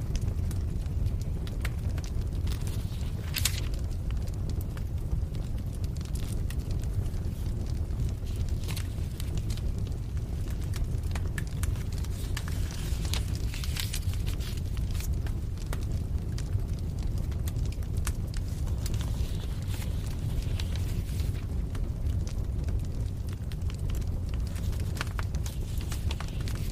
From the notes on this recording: a crackling fire